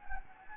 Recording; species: mosquito wingbeat signal from an infrared sensor; Anopheles gambiae